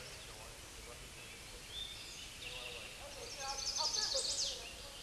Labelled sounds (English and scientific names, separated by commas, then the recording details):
Chestnut-sided Warbler (Setophaga pensylvanica) song
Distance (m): 10 m
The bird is about level with the microphone
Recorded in a Pennsylvania forest on 16 May 2024 at 09:54
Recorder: AudioMoth, point MSD-0178
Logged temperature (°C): 15.3 °C
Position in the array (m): 91 m, 62 m